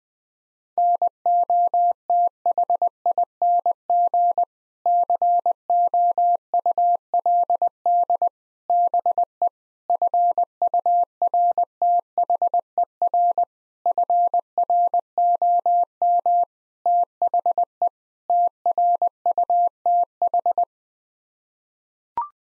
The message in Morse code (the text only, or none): NOTHING COULD BE FURTHER FROM THE TRUTH